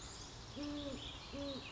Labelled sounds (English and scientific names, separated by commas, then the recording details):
Great Horned Owl (Bubo virginianus)
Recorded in Sonoma County, California